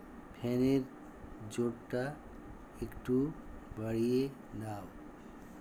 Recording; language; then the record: elicited speech; Bengali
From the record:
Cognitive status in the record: dementia